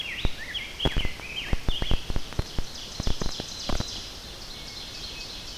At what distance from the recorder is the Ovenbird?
about 80 m